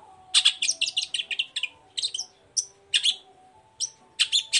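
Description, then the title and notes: Long-tailed shrike song: fast run of harsh rasping notes, then spaced single and paired buzzy notes; faint steady hum underneath. Bird singing in the morning with varied 'toet toet' notes, used as a lure to provoke other long-tailed shrikes into answering and singing along. "Langsung NYAUTTTTT ! Cendet Gacor Dor Di Kala Pagi Toet Toet Variasi Suara. Pancingan Emosi Cendet Gacor Full Variasi Toet Toet Bikin Nyaut Cendet Lain Langsung Ikutan Bunyi. Burung cendet"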